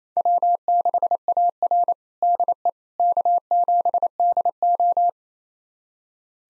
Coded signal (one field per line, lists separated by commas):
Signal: Morse code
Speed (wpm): 28 wpm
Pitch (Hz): 700 Hz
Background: none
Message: W6AR DE K7DO